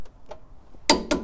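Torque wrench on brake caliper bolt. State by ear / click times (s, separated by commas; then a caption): torque reached / 0.9 s. A click-type torque wrench set to 100 ft-lb rechecks the same brake caliper bolt on a Toyota Sequoia during a brake pad and rotor job. After faint ticks, the wrench gives a sharp click at 0.9 s, followed by a second sharp snap at about 1.1 s. The bolt is confirmed tight.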